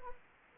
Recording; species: mosquito wingbeat signal from an infrared sensor; Anopheles arabiensis